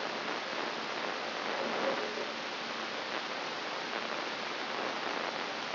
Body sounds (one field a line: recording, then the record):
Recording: brain microelectrode recording played as sound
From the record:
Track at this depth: inside the subthalamic nucleus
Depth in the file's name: 2.546 mm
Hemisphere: right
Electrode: 3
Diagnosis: Parkinson's disease